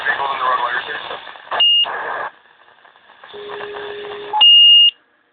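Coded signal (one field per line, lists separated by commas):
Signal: two-tone page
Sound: radio talk, then a low steady tone, a brief mid tone, and a high tone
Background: radio static and speech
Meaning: Alerts a fire company that it is dispatched to a call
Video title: fire pager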